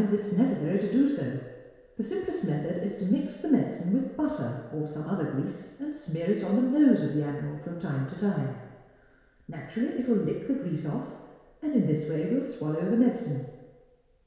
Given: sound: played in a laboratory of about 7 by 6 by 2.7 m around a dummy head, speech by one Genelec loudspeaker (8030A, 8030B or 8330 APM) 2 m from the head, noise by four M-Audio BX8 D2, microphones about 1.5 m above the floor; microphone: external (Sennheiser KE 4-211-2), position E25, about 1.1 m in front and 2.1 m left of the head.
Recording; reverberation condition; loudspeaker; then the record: female speech in English; high; 60 degrees to the left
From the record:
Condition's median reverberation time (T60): about 1300 ms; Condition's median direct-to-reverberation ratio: about -4.0 dB